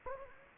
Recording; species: mosquito wingbeat signal from an infrared sensor; Anopheles gambiae